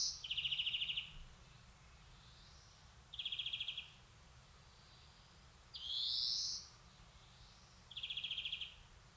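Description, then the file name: European greenfinch calls: short buzzy trills and a rising wheezy note, roughly every two to three seconds. "Chloris chloris"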